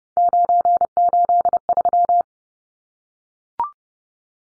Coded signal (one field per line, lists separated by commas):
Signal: Morse code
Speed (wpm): 30 wpm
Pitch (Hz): 700 Hz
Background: none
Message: 983